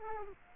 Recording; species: mosquito wingbeat signal from an infrared sensor; Culex quinquefasciatus